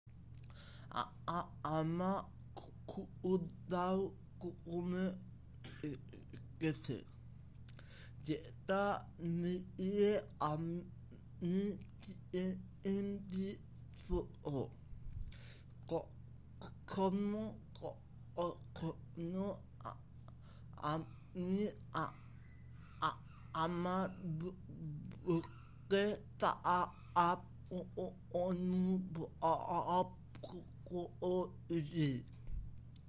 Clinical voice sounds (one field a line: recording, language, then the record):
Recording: elicited speech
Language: Bengali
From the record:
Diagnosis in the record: Broca's or global aphasia after a stroke